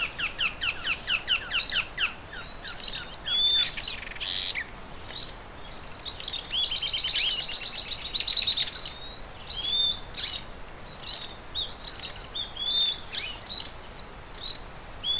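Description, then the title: Bird song: busy high twittering of rapid chirps and short whistles throughout. "LuckyPassaro Completos2Sama"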